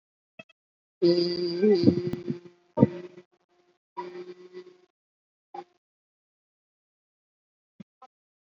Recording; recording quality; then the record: sustained vowel as in beet; moderate, slight background noise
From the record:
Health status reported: COVID-19 positive, moderate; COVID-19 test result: positive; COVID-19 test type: RT-PCR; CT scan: taken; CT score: 1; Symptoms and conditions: breathing difficulty, hypertension, diabetes, ischaemic heart disease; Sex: male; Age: 40 years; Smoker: no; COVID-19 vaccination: both doses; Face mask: not worn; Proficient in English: no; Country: India